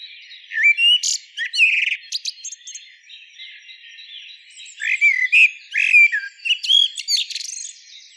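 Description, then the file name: Common blackbird with loud clear whistled notes and squeaky flourishes, two song bursts separated by a softer lull. "Turdus merula"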